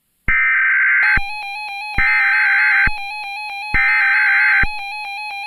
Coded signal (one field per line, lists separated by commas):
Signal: Emergency Alert System (SAME) tones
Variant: header bursts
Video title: (One Year Special) EAS Scenario 8|| Cresent Moon Remastered